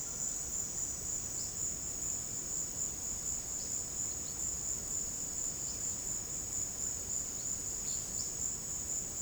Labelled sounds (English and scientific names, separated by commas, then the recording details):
none
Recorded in secondary vegetation near Puerto Asís, Putumayo, Colombia, on 21 December 2024 at 17:00
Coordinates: 0.489, -76.322
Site G059